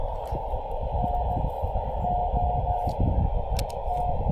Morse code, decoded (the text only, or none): NOT